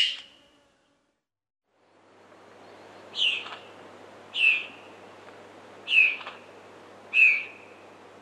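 Fawn-breasted bowerbird calling with short, sharp, high notes: one, a pause of about three seconds, then four more repeated every second or so, each a brief bright burst with a fading tail.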